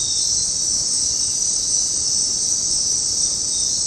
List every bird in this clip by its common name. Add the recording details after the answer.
none. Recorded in dense forest near Puerto Asís, Putumayo, Colombia, on 18 February 2024 at 20:00. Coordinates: 0.503, -76.322. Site G6418